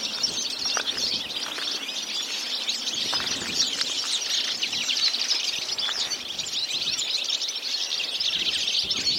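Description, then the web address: Birds calling in a dense, continuous chorus of high chirps and twitters, overlapping without pause throughout, with a few lower clicks and a steady background hiss. "Deverinetal"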